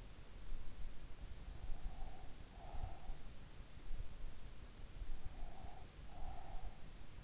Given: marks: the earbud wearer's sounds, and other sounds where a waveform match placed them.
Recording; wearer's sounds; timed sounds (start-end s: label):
sounds in sleep by an in-ear microphone; breath
1.59-3.12 s: breath
5.14-7.04 s: breath